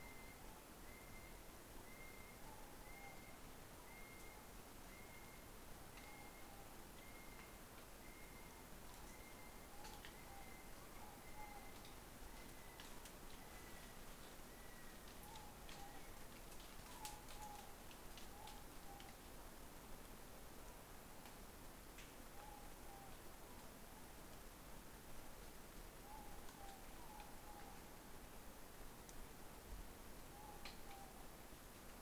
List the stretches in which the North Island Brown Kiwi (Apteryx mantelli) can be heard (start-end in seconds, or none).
0.00-16.39